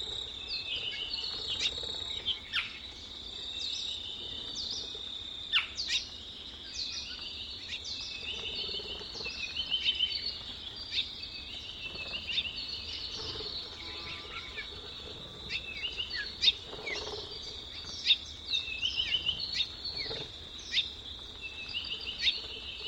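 A dense natural chorus fills the whole recording, with a steady high band of insect or bird chatter around the upper range. Sharp bird chirps and calls cut through repeatedly, clustering near 2, 6, 10, 16 and 21 seconds, over a faint low rumble.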